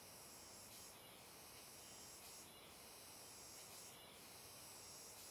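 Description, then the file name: Cicada hissing steadily, the high buzz surging into louder bursts about every one and a half seconds, with constant background noise. Cicada with an unusual sound, recorded on a riverbank. "Cigarra com Som Diferente na Beira do Rio"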